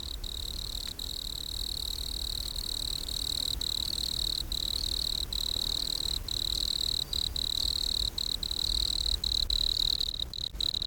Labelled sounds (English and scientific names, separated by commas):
Wood Cricket (Nemobius sylvestris) stridulation